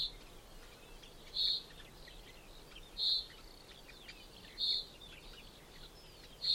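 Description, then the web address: Common chaffinch calls: short, sharp single notes at a steady pitch, repeated about every one and a half seconds, with faint chirps of other birds and a low hiss behind. "Deverinetal 2025 File origin Bird Only Fr Co"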